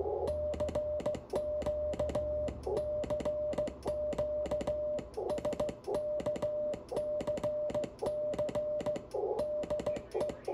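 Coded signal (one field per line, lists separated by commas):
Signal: Morse code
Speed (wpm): 16 wpm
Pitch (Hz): 600 Hz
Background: none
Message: CQ CQ SKCC DE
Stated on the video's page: Calling CQ SKCC on 40m QRP at 5 W with an IC7300, Kent straight key and Windom antenna at 25 feet; no replies.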